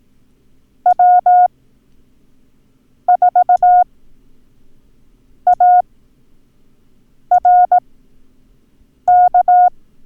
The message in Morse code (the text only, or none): W4ARK